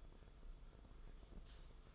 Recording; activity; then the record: daily activity, microphone in the room; typing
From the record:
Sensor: 5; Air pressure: 994.5 hPa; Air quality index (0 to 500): 171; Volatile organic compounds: 622 ppm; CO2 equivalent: 4963 ppm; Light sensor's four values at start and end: 10/26/10/11 and 10/26/10/12